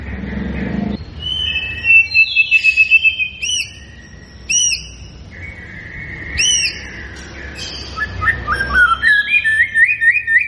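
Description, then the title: White-rumped shama song, sparse high sweeping notes and whistles at first, building into a quick series of rising whistled notes. Lure recording meant to make the bird respond; bird described as gacor (singing energetically). "PANCINGAN MURAI BATU GACOR"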